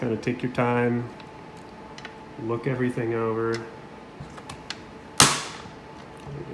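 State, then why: Seated. Someone talks while a plastic housing part is fitted back onto a flipped-over Dyson vacuum powerhead during reassembly, before the screws go in. A few faint handling ticks lead up to a sharp plastic click at 5.2 s as the part snaps into place and seats.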